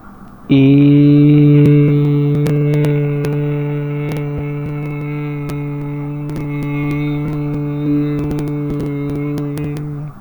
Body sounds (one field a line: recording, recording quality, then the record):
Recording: sustained vowel as in made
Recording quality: excellent, no background noise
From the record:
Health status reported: healthy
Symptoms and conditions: none ticked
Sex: male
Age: 24 years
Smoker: not ticked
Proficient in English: yes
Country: India